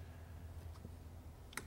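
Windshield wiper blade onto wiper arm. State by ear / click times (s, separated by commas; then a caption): seated / 1.5 s, 1.6 s. A new windshield wiper blade is slid upward on the wiper arm hook of a Mercedes-Benz W140 S-Class and clicks into place. Over a low steady hum, a few faint soft taps come before a sharp double click at 1.5 s and 1.6 s, the second louder. The blade is seated on the arm.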